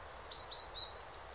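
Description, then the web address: Bird song as three short, clear high notes in quick succession, with steady soft hiss around them. Birds singing in a calm forest by day. "spokoynyy les dnyom poyut ptitsy"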